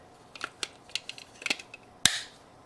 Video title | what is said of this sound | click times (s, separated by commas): LEGO City 2025 Arctic Explorer Science Lab Truck 60471 Build Part 5 & Tour | OKAY. YOU HEAR IT? SNAPPED RIGHT IN PLACE. | 2.1 s